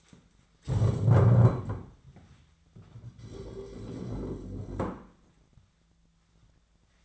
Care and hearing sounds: daily activity, microphone in the room; stand up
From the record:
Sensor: 3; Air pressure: 1008.1 hPa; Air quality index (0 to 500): 192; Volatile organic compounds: 14 ppm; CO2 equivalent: 2460 ppm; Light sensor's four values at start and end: 13/30/13/13 and 12/30/12/12

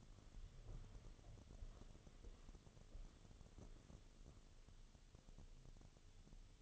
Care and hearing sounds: daily activity, microphone in the room; walk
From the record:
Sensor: 4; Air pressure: 1016.2 hPa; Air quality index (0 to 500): 162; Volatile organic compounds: 6 ppm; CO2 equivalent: 1844 ppm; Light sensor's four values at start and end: 9/21/8/8 and 9/20/8/7

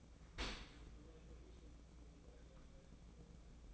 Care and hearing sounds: daily activity, microphone in the room; open dishwasher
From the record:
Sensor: 1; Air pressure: 1012.4 hPa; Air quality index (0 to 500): 170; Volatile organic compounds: 3 ppm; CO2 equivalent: 1391 ppm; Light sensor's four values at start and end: 356/799/359/393 and 356/799/359/393

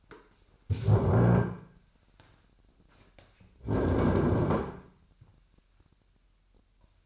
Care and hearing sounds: daily activity, microphone in the room; stand up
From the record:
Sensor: 2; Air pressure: 998.3 hPa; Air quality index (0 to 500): 128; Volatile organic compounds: 3 ppm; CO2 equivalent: 1450 ppm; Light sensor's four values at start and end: 7/16/7/7 and 6/12/5/6

